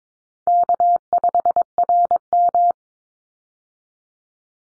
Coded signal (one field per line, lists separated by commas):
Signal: Morse code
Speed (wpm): 22 wpm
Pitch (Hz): 700 Hz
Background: none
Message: K5RM